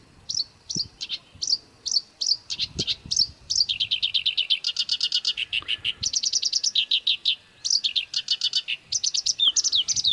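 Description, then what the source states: Black-browed reed warbler singing a busy, varied song: short whistled phrases at first, then long runs of rapid churring notes alternating with sharper chirps. Masteran song used for training songbirds.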